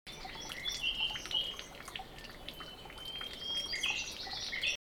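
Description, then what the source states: Birds calling, thin high whistled notes and short chirps repeated throughout, mixed with scattered water drips over a soft background hiss. Birds heard together with dripping water.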